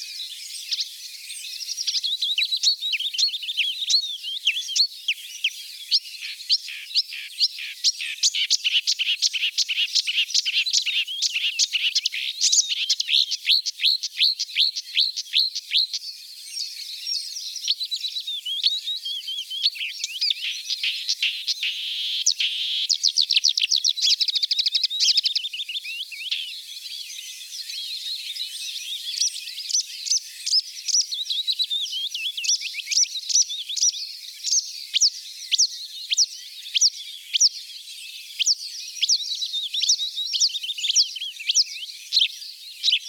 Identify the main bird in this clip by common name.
Marsh Warbler